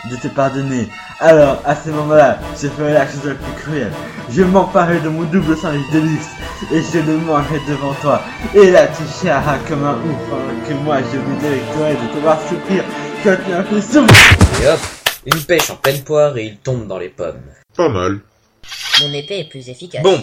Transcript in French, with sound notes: de te pardonner, alors à ce moment là, je ferais là chose la plus cruelle, je m'emparerais de mon Double Sandwich Deluxe et je le mangerais devant toi, et là tu chialeras comme un ouf pendant que moi je me délecterais de te voir souffrir comme tu m'as fait souf...*BAM* (tombe dans les pommes.) *BAM*
Et hop, une pêche en pleine poire et il tombe dans les pommes.
Pas mal.
Mon épée est plus efficace.